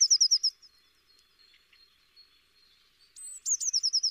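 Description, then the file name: Eurasian blue tit: a short, high rapid trill fades out, a faint thin whistle lingers, then a sharp high note opens another quick, bright trill. "Cyanistes caeruleus"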